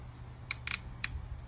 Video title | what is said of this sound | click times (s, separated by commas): RTT #3 & 4 | so I hear all those clicks and lock it into place. | 0.5 s, 0.7 s, 1.0 s